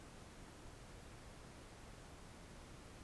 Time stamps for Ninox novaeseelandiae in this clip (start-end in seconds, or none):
none